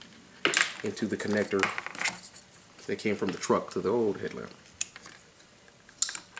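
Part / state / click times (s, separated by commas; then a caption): vehicle headlight harness connector into new headlamp assembly plug / seated / 6.0 s. Someone talks while the truck's original headlamp wiring connector, which came from the old headlamp of a 2010 F150, is pushed onto the plug of a new halo/HID headlamp assembly. A few sharp plastic clicks sound, and the connector snaps into place at 6.0 s, fully seated.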